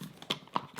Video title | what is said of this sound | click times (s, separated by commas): Bodum Bistro Blade Coffee Grinder Review | there, which will click into place onto this edge. | 0.3 s, 0.6 s